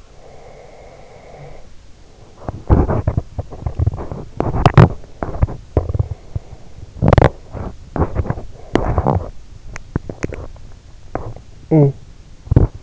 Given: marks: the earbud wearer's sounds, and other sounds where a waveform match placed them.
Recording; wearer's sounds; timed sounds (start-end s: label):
sounds in sleep by an in-ear microphone; breath, teeth grinding
0.00-2.23 s: breath
2.37-12.83 s: teeth grinding